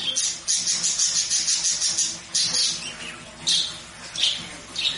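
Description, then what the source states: Budgerigar warbling: loud, scratchy chattering bursts in quick uneven runs, with brief pauses between phrases. White budgerigar, song.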